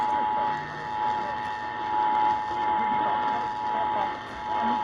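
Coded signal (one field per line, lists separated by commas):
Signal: Emergency Alert System (SAME) tones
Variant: 853 and 960 Hz attention tone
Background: speech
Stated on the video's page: Severe thunderstorm warning from NWS Fort Worth relayed by AM station WBAP on 820 kHz.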